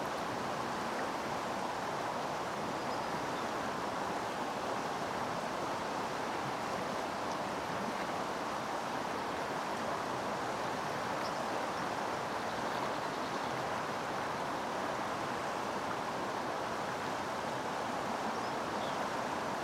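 A mountain river rushes past, a thick, unbroken roar of water that holds steady for the whole stretch. The sound is full and hissing, weighted toward the middle with a bright spray on top and a soft low rumble underneath.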